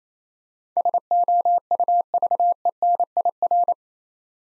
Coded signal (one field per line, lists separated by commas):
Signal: Morse code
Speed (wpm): 27 wpm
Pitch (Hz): 700 Hz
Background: none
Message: SOUVENIR